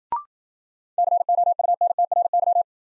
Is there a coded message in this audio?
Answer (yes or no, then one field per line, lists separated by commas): yes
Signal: Morse code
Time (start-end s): 1.0-2.6 s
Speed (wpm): 51 wpm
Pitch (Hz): 700 Hz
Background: none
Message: COUNTRY